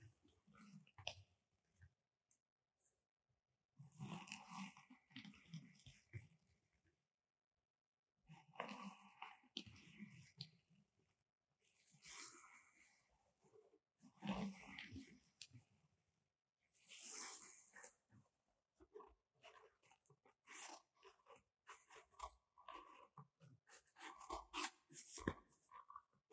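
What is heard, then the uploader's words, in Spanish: Objects of different textures such as wood, glass and plastic are scratched in short bursts separated by brief silences. Each pass is a rough, gritty rasp with low rubbing and bright hiss, and around seventeen seconds a sharper, brighter scrape stands out. Los sonidos de objetos siendo rasguñados con diferentes texturas. Escucharás los sonidos suaves de madera, vidrio, plástico y más.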